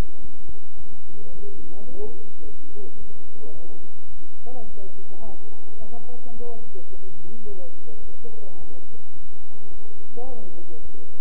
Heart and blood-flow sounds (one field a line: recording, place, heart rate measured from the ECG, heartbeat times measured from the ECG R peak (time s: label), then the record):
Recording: heart sounds by stethoscope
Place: between the tricuspid and mitral areas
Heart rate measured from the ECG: 108 bpm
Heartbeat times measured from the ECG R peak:
0.21 s: heartbeat
0.77 s: heartbeat
1.32 s: heartbeat
1.88 s: heartbeat
2.43 s: heartbeat
2.98 s: heartbeat
3.53 s: heartbeat
4.10 s: heartbeat
4.66 s: heartbeat
5.22 s: heartbeat
5.78 s: heartbeat
6.34 s: heartbeat
6.90 s: heartbeat
7.46 s: heartbeat
8.02 s: heartbeat
8.58 s: heartbeat
9.13 s: heartbeat
9.70 s: heartbeat
10.26 s: heartbeat
10.82 s: heartbeat
From the record:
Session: bicycle stress test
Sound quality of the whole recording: good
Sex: male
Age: 23 years